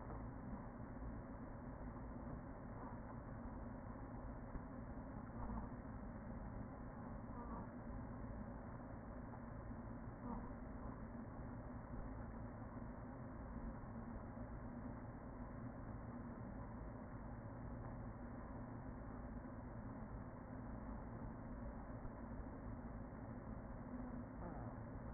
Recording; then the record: honeybee colony, microphone inside the hive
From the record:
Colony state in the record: queen present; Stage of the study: after two queens were removed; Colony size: about 40,000 bees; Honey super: no